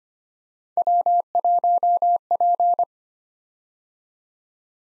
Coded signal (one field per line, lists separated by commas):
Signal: Morse code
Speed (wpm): 25 wpm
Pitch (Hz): 700 Hz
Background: none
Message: W1P